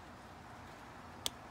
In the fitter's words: Push it. Hear the click.